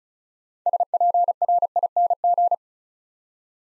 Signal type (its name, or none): Morse code